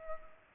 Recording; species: mosquito wingbeat signal from an infrared sensor; Culex pipiens